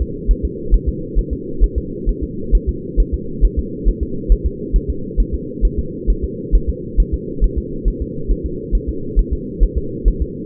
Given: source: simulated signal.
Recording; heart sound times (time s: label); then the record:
fetal heart sounds
0.02 s: S2
0.31 s: S1
0.45 s: S2
0.74 s: S1
0.88 s: S2
1.19 s: S1
1.33 s: S2
1.64 s: S1
1.78 s: S2
2.09 s: S1
2.23 s: S2
2.55 s: S1
2.69 s: S2
3.00 s: S1
3.14 s: S2
3.45 s: S1
3.59 s: S2
3.89 s: S1
4.03 s: S2
4.32 s: S1
4.46 s: S2
4.76 s: S1
4.90 s: S2
5.20 s: S1
5.34 s: S2
5.65 s: S1
5.79 s: S2
6.10 s: S1
6.24 s: S2
6.55 s: S1
6.69 s: S2
7.00 s: S1
7.14 s: S2
7.44 s: S1
7.58 s: S2
7.88 s: S1
8.02 s: S2
8.31 s: S1
8.46 s: S2
8.75 s: S1
8.89 s: S2
9.19 s: S1
9.33 s: S2
9.63 s: S1
9.78 s: S2
10.08 s: S1
10.22 s: S2
From the record:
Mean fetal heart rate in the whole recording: 135 bpm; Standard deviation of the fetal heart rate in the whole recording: 3 bpm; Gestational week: 36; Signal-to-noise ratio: -4.3 dB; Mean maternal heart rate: 72 bpm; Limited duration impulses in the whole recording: absent